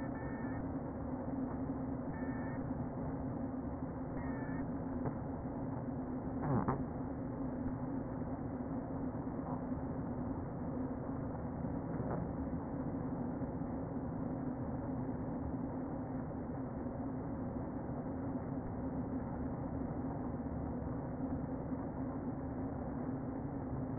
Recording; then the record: honeybee colony, microphone inside the hive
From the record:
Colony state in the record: queen present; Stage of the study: before two queens were removed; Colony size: about 60,000 bees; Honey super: yes